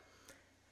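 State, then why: Seated. A painted plastic road wheel or sprocket is squeezed onto a Panther Ausf. G late production scale model tank hull. Its slots are tight because of paint and other material. A short, faint tick at 0.3 s shows the wheel seated and clicking into place.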